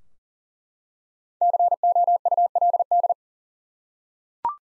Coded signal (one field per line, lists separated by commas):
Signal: Morse code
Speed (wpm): 40 wpm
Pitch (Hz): 700 Hz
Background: none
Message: COULD